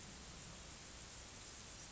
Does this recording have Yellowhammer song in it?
no